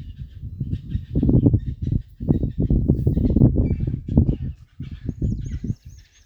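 Heron calls: dense, harsh, low guttural croaks in rapid overlapping bursts throughout.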